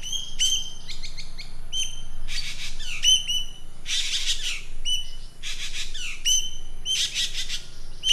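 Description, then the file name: Green magpie alternating clear downslurred whistles and dry stuttering notes with repeated rough, noisy squawks at uneven intervals, over a faint low hum. "suara burung ekek layongan atau cissa chinensis"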